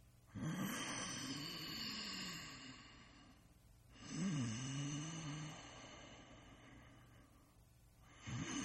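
Loud, low, fluttering human snores come on slow inhaled breaths about every four seconds, roughly 16 a minute, with quiet exhalations between. Ordinary adult snoring, with no gasps or pauses in breathing.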